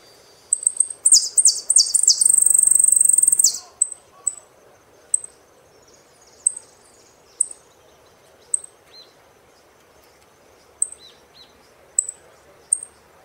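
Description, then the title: Saffron finch song: a fast burst of high buzzy chirps and a sustained trill, then a series of short thin high notes. "Jilguero Argentino"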